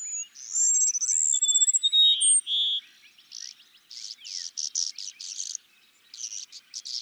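Cassin's sparrow song: high whistled notes run into a quick pulsed trill and two lower steady whistles, followed by a series of buzzy bursts.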